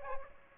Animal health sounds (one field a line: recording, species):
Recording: mosquito wingbeat signal from an infrared sensor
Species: Aedes aegypti